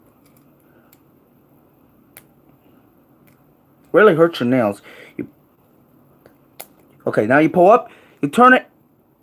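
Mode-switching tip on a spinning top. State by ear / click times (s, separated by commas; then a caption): not seated / none. The plastic mode-switching tip (driver) of a spinning top is handled: pulled up and turned, with faint ticks of handling around 2.2, 5.2 and 6.6 seconds while someone talks. The clip ends before the tip locks in, so nothing has seated or clicked yet.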